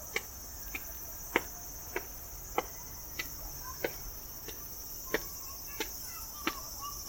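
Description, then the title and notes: Cicada song as a constant high, hissing drone, overlaid by crisp ticking clicks about every half second. Recorded 16 September 2022, day 11; the recordist is unsure whether it is a large brown cicada or a bear cicada. "アブラゼミ？クマゼミ？ ＃あさりー"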